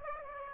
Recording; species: mosquito wingbeat signal from an infrared sensor; Aedes aegypti